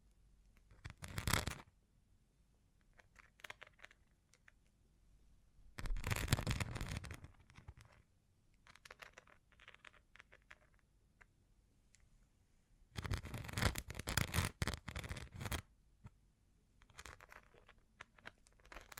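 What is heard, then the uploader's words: Bling bling triggers: rustling, crinkly handling sounds with bright, glittery scratching. Three louder bursts stand out, a short one near 1 second, another around 6 to 7 seconds, and a longer stretch from 13 to 16 seconds, with quieter scattered taps and shuffles between them. Bling Bling Triggers.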